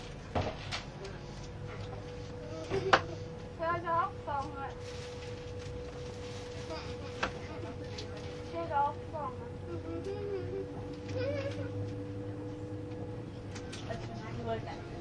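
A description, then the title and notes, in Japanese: An ICN tilting train on the Gotthard line, heard as a steady low rumble with a constant hum running through the whole ride. Voices speak in short bursts around three to five seconds and again near nine and eleven seconds, with occasional sharp clicks and knocks. SBB線 ICN10022レ01 Lugano～(Göschenen)。スイスでは主力の車体傾斜車両であるRABDe500形ICN、その本領を発揮するゴッタルド線の列車を収録したものです。音の旅(走行音)。収録年月:2013,05。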